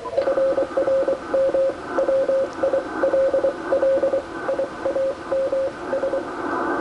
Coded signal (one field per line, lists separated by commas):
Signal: Morse code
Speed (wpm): 23 wpm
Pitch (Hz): 540 Hz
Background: radio noise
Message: FRM WILLIAMS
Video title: 1940's HAM TRANSMITTER "MICA MOLD"